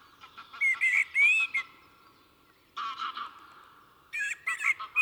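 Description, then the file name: Common blackbird calls: three bursts of sharp clicking notes mixed with short whistled squeaks, separated by quiet gaps. "Turdus merula"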